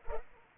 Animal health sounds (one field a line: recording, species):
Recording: mosquito wingbeat signal from an infrared sensor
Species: Culex pipiens